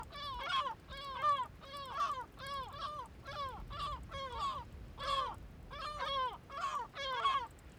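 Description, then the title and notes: Gull calls, harsh yelping cries in quick, uneven succession. Gulls in flight, calm, Bøur, Faroe Islands; very quiet soundscape with a small trickle of water nearby; recorded ORTF with DPA microphones in Cinela Albert on Sonosax SX-M2D2 and iPhone AudioShare. "Ballet de mouettes, calmes, 3HWW+78 Bøur, Îles Féroé. Ballet de mouettes en vol Féroé. sonore très calme avec ballet de mouettes calmes, et petit ruissellement à proximité"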